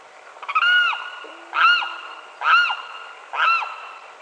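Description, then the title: Limpkin giving loud wailing calls, each a rising-then-falling harmonic cry, four repeated at just under one-second intervals, with a brief low hum in the background. "LuckyPassaro Completos2Sama. Limpkin (Aramus guarauna)"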